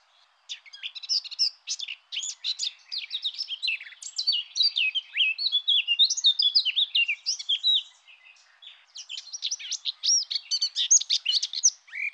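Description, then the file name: Eurasian blackcap singing a long, fast, scratchy warble of jumbled high notes, pausing briefly about two-thirds of the way through before resuming in a rapid, dense burst. "Fauvette-à-tête-noire"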